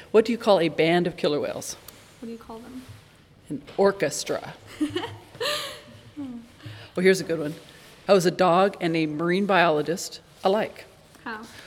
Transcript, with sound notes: What do you call a band of killer whales?
What do you call them?
An orca-stra. (Laughs) Oh here is a good one. How are a dog and a marine biologist alike?
How?